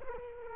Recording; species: mosquito wingbeat signal from an infrared sensor; Culex quinquefasciatus